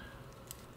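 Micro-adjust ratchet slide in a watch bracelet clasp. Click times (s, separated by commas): 0.5 s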